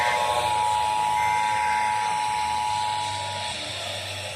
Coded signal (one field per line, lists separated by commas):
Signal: Emergency Alert System (SAME) tones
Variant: 853 and 960 Hz attention tone